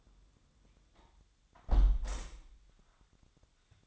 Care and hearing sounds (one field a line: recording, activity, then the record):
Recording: daily activity, microphone in the room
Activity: close window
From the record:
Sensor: 3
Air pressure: 1004.6 hPa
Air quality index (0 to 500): 78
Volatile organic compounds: 2 ppm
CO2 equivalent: 1177 ppm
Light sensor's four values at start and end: 6/14/5/5 and 6/14/5/5